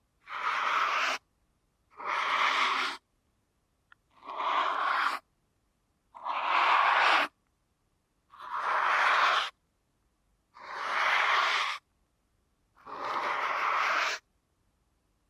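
Ear canal massage sounds come as seven separate bursts of soft, hissing friction, each about a second long, spaced evenly around every two seconds with silence between. The rubbing is bright and airy, and a tiny click falls just before the third stroke.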